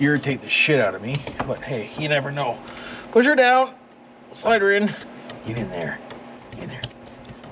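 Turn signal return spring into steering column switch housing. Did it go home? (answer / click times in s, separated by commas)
no / none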